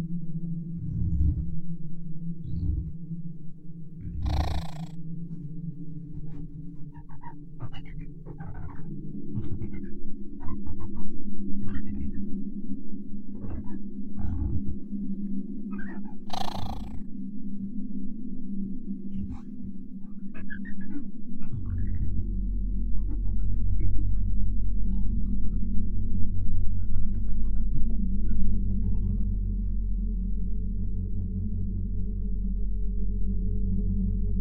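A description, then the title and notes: Exoplanet ambience: a deep, steady drone with scattered creature-like chirps and clicks, two sharp bursts near 4 and 16 seconds, thickening after 21 seconds. Alien planet | Exoplanet Ambience.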